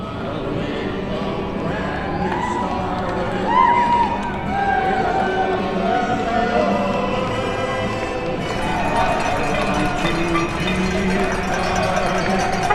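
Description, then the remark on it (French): A steady, dense wash of people in New York City cheering, whooping and clapping from windows and balconies at 7 pm, with shouted voices and a faint melody running through the noise for the whole stretch. “Voilà, je sais pas si on entend correctement, évidemment, les gens qui applaudissent, qui font du bruit, et puis cette musique qui retentit là pour le coup”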